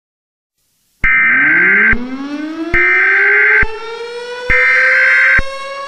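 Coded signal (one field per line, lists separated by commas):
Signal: Emergency Alert System (SAME) tones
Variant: header bursts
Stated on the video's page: Fictional EAS scenario made for entertainment.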